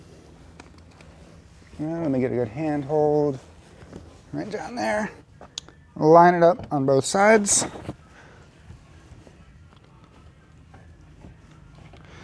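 Someone talks while lifting the backrest of a Pride Elegance 2 PLR975 Infinite Position Lift Chair and lining it up with the side brackets on both sides of the seat frame, with a few faint handling taps in the quiet. The backrest is aligned but not yet pushed down, and nothing has seated or clicked yet.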